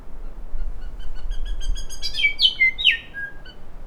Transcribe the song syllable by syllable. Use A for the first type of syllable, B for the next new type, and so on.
A A A A A A A A B C D E F G A